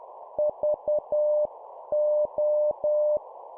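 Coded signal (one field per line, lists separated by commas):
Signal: Morse code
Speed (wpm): 10 wpm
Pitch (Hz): 600 Hz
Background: none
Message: VO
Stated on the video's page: Morse drill of two-letter words at 10 wpm.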